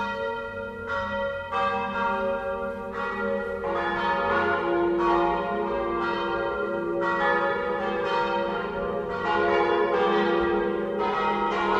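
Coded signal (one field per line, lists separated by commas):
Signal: bell signal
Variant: five-bell plenum ringing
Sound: several church bells ringing together in continuous overlapping peals with rich ringing overtones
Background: outdoor ambience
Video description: Battiore e Plenum (dura 2 minuti) delle 18:00 per la Messa prefestiva delle 18:30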